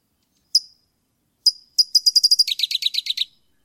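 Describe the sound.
Bird song: two separate thin, high notes, then a fast run of high chips dropping into a lower, buzzy trill of about eight notes.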